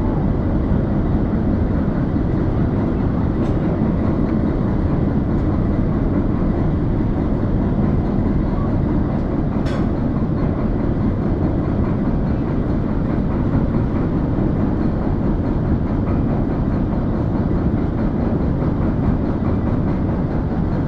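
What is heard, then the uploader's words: The Sandbanks Ferry crossing gives a steady, heavy low rumble of engines and machinery that stays constant throughout. Faint rattling and clanking sit above it, with two brief sharp clicks near 3 and 10 seconds. Field recording of the Sandbanks Ferry, sailing from Shell Bay to Sandbanks in Dorset. Gear: Sony PCM-M10 built-in mics.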